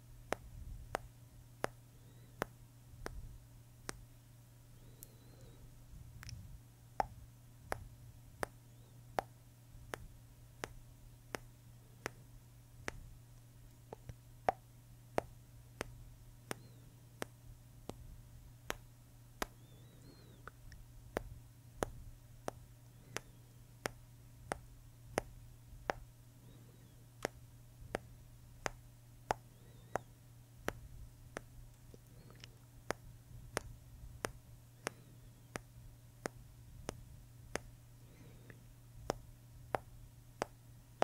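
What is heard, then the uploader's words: Tongue clicking runs through the whole recording: sharp, dry clicks arriving every half second or so, sometimes in quick pairs, with a few louder ones standing out. Underneath sits a steady low hum that never changes. Tongue clicking, shh, boop.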